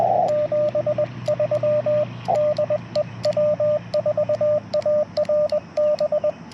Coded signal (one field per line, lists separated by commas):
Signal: Morse code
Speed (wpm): 21 wpm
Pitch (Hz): 600 Hz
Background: radio noise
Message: 73 DE W4ARB